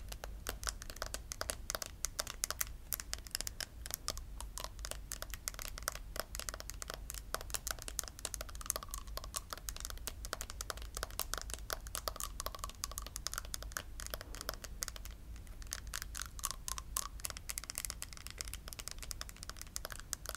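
Rapid, dense tapping on glasses, teeth, nails and skin continues throughout, crisp and bright, with a steady low rumble underneath and occasional faint rising tones.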